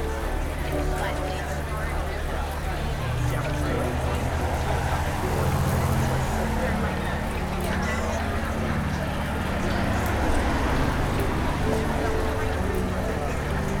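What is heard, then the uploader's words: Lunchtime city crowd: a dense, steady murmur of overlapping voices over a low rumble of traffic, with faint clinks and clatter throughout. Lunch in the City.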